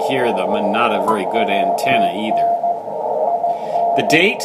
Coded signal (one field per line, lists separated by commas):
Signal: Morse code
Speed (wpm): 16 wpm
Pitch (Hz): 690 Hz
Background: speech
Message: WN IN